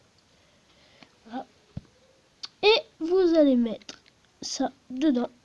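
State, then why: Not seated. Someone talks while a fitting part, lightly greased with the surplus dabbed off with a cloth, is handled and brought to the cane to be pushed inside. Faint handling noise is heard, with brief sharp taps at about 1.0 s and 1.8 s. The part has not yet been pushed home, and nothing has seated or clicked yet.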